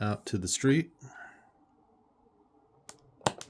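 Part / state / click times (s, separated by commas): miniature planter box into the book nook cafe base / seated / 3.3 s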